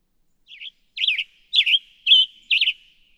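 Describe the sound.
Western Tanager giving a soft lead-in note, then four rough, burry phrases in quick succession, each a quick rise and fall; background otherwise silent.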